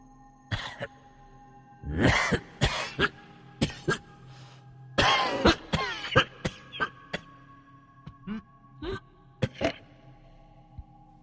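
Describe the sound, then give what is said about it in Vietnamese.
A bout of harsh, rattling coughs from inside a room where a dead man's body is laid out, coming in irregular bursts, some loud and raspy, others shorter and weaker, with wet throat-clearing sounds between them and no talking. “Chợt có tiếng ho sồng sọc ở trong buồng đặt xác”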